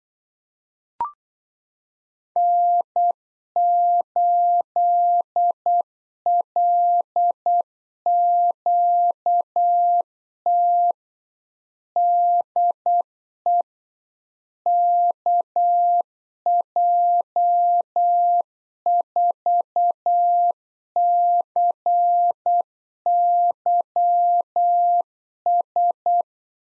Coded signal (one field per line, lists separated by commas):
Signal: Morse code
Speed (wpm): 8 wpm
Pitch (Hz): 700 Hz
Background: none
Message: N8LQT DE KJ4CYS